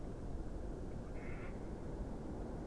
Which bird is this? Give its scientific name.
Anas platyrhynchos